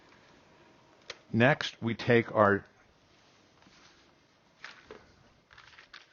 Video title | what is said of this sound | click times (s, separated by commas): Surgery Set Up - Alcon Centurion with MEDiSURG | push in until it clicks | 1.1 s